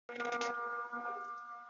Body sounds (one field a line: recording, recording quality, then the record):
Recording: heavy voluntary cough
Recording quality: poor, much background noise or distortion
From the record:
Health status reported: COVID-19 positive, mild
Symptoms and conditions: cough, fever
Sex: male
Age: 20 years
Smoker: not ticked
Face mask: worn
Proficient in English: yes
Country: France